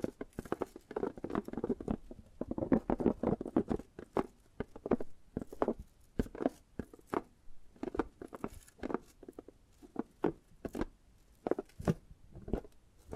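Tapping and gripping sounds: irregular, quick taps and soft rubbing, dense and busy in the first four seconds, then sparser, sharper clicks.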